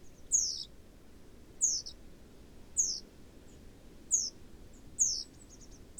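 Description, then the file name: Great tit giving high, thin, falling call notes spaced about a second apart, each brief and piercing, over steady low background noise. "Parus major"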